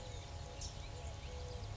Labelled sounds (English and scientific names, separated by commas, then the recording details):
California Towhee (Melozone crissalis)
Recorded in Sonoma County, California